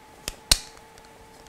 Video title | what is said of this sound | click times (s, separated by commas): 3D Hangouts – LEGO Crickit Rovers and Ultimaker S5 #3DPrinting #Adafruit | You get a nice click here. | 0.5 s